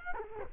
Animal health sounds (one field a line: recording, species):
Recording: mosquito wingbeat signal from an infrared sensor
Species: Culex quinquefasciatus